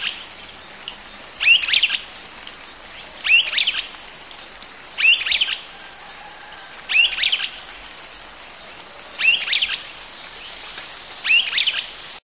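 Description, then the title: Streaked flycatcher repeating a high squeaky rising call roughly every two seconds, six times, against an even hiss of background noise. Subspecies solitarius. "LuckyPassaro Completos2Sama. Streaked Flycatcher"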